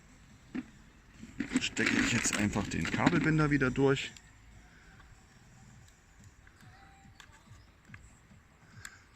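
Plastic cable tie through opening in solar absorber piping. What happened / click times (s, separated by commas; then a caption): The cable tie ratcheted partway but is not fully through / 5.9 s, 6.5 s, 7.2 s, 7.9 s, 8.9 s. Someone talks while feeding a plastic cable tie back through an opening in the piping of a pool solar mat. A series of small ratchet-like clicks follows at 5.9, 6.5, 7.2, 7.9 and 8.9 seconds. The cable tie ends up not fully pushed through.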